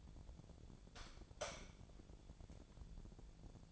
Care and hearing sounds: daily activity, microphone in the room; light off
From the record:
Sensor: 5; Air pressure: 1000.2 hPa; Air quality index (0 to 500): 100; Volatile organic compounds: 1 ppm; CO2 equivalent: 809 ppm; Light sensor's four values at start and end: 263/626/268/299 and 262/622/267/297

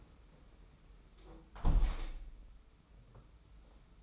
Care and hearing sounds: daily activity, microphone in the room; close window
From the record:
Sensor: 1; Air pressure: 991.3 hPa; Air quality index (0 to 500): 110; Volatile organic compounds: 111 ppm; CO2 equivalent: 3826 ppm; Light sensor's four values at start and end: 38/118/47/48 and 37/117/46/47

